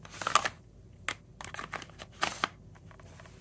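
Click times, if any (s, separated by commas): 1.1 s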